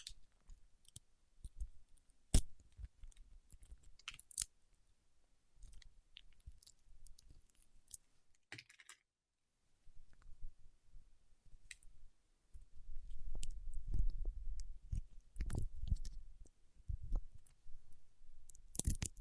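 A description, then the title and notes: Fingertips work through sticky wax, making sharp clicks and wet, tacky crackles at an irregular pace. A brief silent gap comes around nine seconds, and after about twelve seconds the sounds grow denser, with a steady low rumble under the quick sticky snaps. ASMR with Wax Fingertips for Sleep (No Talking).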